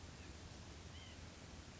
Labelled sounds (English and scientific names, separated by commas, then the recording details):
White-breasted Nuthatch (Sitta carolinensis)
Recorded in Sonoma County, California